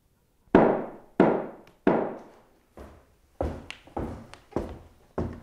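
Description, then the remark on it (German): Cannon fire from a tower booms out in a run of about seven or eight heavy shots at uneven intervals, each a sharp, loud blast trailing off into rumble, with a few lighter cracks between. “Dann vom Turm gefeuert, Donner von Kanonen.”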